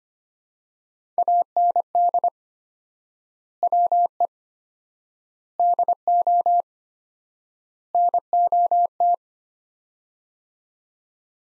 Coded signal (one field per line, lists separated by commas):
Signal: Morse code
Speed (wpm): 25 wpm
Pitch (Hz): 700 Hz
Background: none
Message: AND WE DO NOT